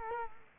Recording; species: mosquito wingbeat signal from an infrared sensor; Culex quinquefasciatus